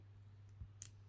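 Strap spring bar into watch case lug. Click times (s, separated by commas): 0.8 s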